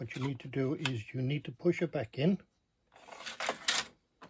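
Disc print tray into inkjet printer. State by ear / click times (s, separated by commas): seated / 3.7 s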